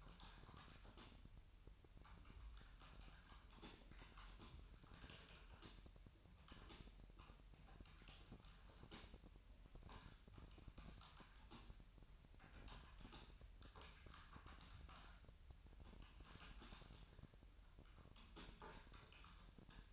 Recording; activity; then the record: daily activity, microphone in the room; typing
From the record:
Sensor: 2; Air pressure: 1001.9 hPa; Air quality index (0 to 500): 248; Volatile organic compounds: 39 ppm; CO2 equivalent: 3129 ppm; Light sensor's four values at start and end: 11/36/13/14 and 11/36/13/14